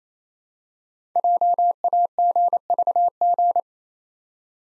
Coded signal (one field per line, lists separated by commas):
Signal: Morse code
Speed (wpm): 29 wpm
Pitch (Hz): 700 Hz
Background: none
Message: JAGVG